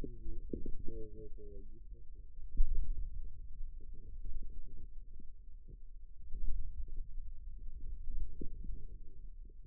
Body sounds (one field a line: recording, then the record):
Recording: forearm muscle sounds (acoustic myography)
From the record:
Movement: finger pinch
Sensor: system 2, bracelet of six BSWA MPA416 microphones around the upper forearm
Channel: 2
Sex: male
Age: 22 years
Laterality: right